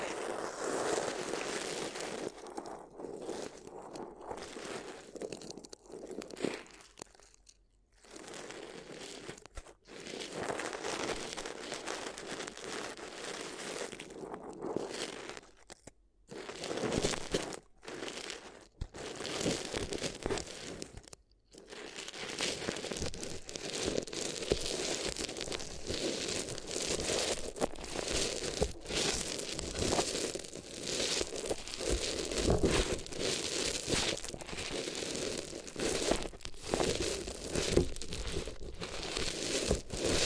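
Paper is crumpled and crinkled in dense, crackling bursts with a thick middle and bright edges. The rustling stops briefly near 8, 16 and 21 seconds, then runs almost continuously and louder from about 22 seconds to the end, with occasional sharper crunches.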